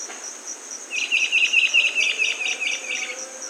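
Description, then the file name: Rondonia bushbird call, a rapid run of clipped, chattering notes lasting about two seconds, fading at the end, with insects droning high behind. "Rondônia-bushbird"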